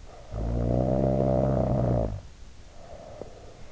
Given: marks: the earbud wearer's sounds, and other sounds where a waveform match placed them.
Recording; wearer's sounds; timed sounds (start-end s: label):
sounds in sleep by an in-ear microphone; snoring breath
0.17-3.71 s: snoring breath